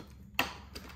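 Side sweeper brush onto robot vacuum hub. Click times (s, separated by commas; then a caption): 0.4 s. A plastic side sweeper brush is pressed onto its hub on the underside of a Shark IQ Robot Self Empty XL robot vacuum. It snaps into place with a sharp click at 0.4 s, and a fainter tap follows at 0.8 s. The brush is seated.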